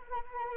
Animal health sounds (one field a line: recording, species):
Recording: mosquito wingbeat signal from an infrared sensor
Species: Anopheles arabiensis